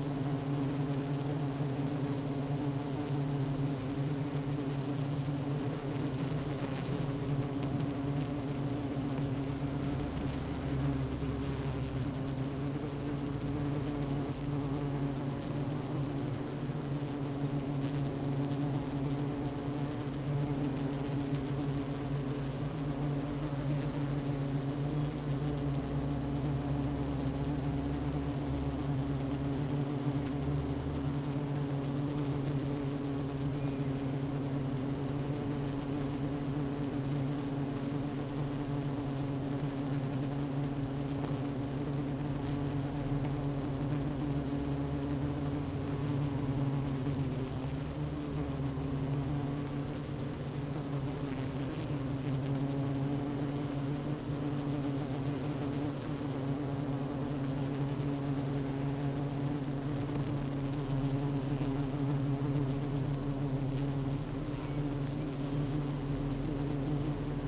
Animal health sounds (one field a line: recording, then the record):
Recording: honeybee colony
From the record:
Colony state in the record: active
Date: 12 June 2018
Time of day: 9:58